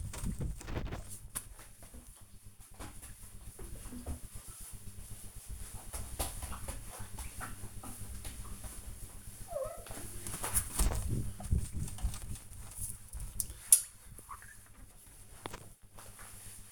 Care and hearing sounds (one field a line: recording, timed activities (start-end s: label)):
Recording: household activities, microphone on the right wrist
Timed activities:
0.00-16.72 s: window cleaning